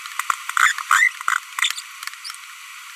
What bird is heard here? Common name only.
Green-rumped Parrotlet